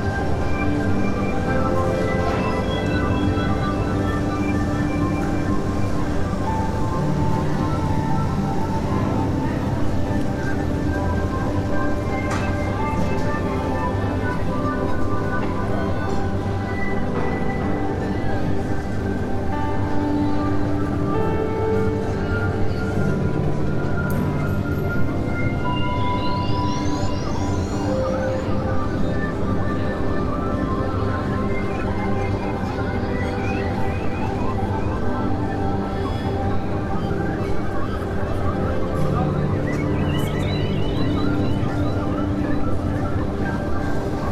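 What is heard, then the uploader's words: Inside an airport, a constant dense rumble of machinery and ventilation fills the space, low and heavy throughout. Voices murmur underneath, with occasional rising whines and brief clanks around the middle and later parts, like moving vehicles or trains passing. The basis of this track is a 16-minute field-recording of Toronto International Airport (YYZ) that I created while travelling recently.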